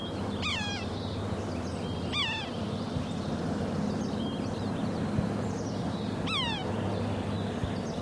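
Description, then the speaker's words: Red-breasted Sapsucker calling, three nasal squealing mews that slur sharply downward, spaced a few seconds apart, over a steady low background hum. Calling as it flew into a willow. "Red-breasted sapsucker flew into the willow, calling."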